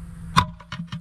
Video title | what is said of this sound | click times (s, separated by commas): How To Fix A Hayward Star Clear Plus Lid | There, snapped into place. | 0.4 s